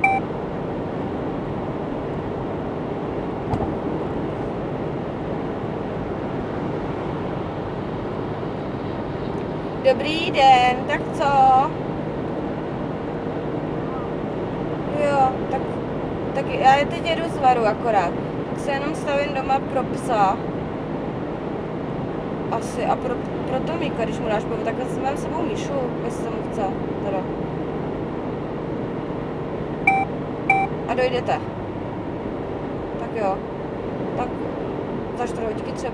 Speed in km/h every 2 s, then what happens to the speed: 106, 106, 107, 106, 107, 108, 109, 109, 111, 111, 111, 110, 109, 108, 107, 104, 103, 102.
0-20 steady at about 108. 20-36 slows to 102.